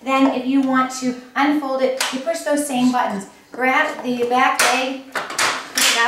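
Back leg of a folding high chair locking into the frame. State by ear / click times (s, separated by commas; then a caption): seated / 5.8 s. Someone talks while the fold buttons on an Inglesina Gusto high chair are pressed and its back leg is pushed out to unfold it. A single tap-like hit sounds at 5.8 s as the back leg locks open into place in the frame.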